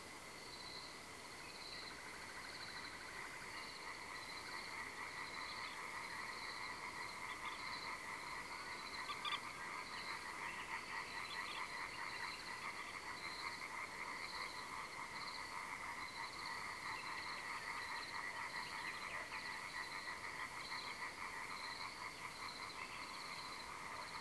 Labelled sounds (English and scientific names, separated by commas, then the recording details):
Common Nightingale (Luscinia megarhynchos), Common Moorhen (Gallinula chloropus)
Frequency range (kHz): Common Moorhen (Gallinula chloropus) 0.9-3.7 kHz
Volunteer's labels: Luscinia megarhynchos megarhynchos
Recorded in France